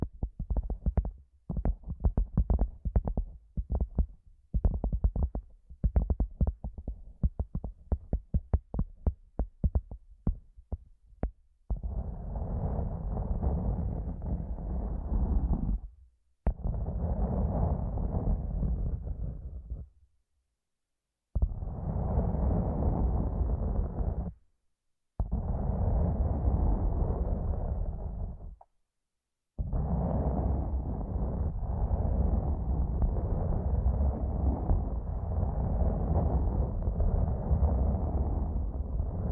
ASMR using Headphones as a Mic Brain Melting Massage Triggers